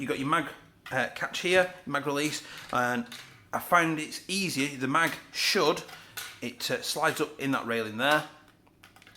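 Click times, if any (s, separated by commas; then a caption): none. Someone talks while handling a magazine for a CYMA CM.033 M1A1 Thompson airsoft submachine gun, pointing out the mag catch and sliding the magazine up along the rail toward the magazine well. A few faint, quick handling ticks come near the very end. Nothing has seated or clicked into place yet.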